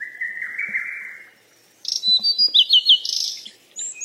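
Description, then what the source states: Bird song: a steady buzzy trill, a brief silence, then a quick series of high whistled notes and twitters. Birds at play.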